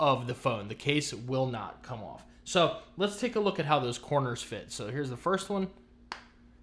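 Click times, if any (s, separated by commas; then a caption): 6.1 s. Someone talks while pressing the first corner of a Phone Rebel Gen 5 Frosted plastic case over the corner of an iPhone 15 Pro Max. A single short, sharp click sounds at 6.1 s as the case corner seats onto the phone.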